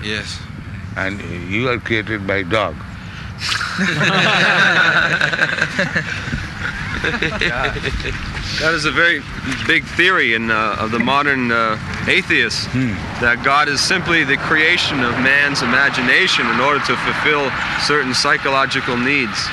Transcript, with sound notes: Yes.
And you were created by dog. [laughter]
That is a very big theory of the modern atheists, that God is simply the creation of man's imagination in order to fulfill certain psychological needs.